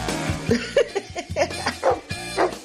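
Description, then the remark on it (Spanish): A dog named Blue barks in a quick series of short, yipping bursts, about ten sharp calls spread over a few seconds, some with a whiny, tonal edge. “¿Cómo es que llama el perro suyo? Blue, Blue.”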